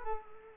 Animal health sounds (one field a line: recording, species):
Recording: mosquito wingbeat signal from an infrared sensor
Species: Culex quinquefasciatus